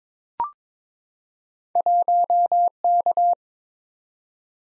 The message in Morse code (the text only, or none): 1K